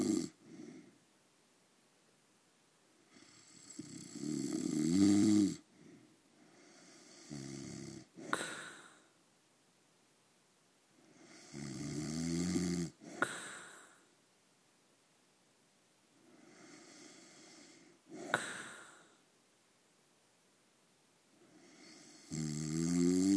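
An adult snoring in sleep, with loud rattling snores recurring roughly every five seconds, separated by quiet pauses.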